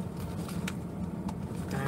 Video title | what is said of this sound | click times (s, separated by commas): How to Set Up Bulletproof Vest for Press Use in NYC / Adam's How-To Series | boom, it's locked into place. | 0.7 s